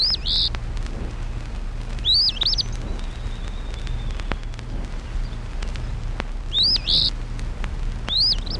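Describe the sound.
Eastern Phoebe song: four short, high, burry two-part phrases at irregular intervals, over a steady low hum and a faint thin whistle.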